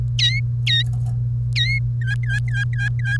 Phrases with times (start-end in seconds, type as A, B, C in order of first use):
0.19-0.40 A, 0.66-0.82 A, 1.55-1.78 A, 2.01-3.17 B